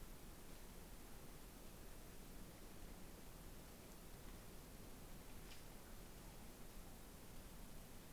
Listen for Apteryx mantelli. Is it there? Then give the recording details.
no. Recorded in New Zealand on 16 November 2013. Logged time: 22:29. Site BS16